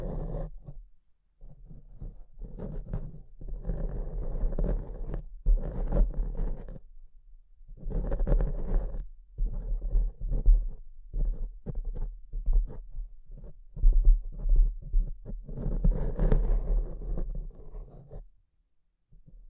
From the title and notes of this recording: ASMR Brain Melting Mic Scratching (No Talking).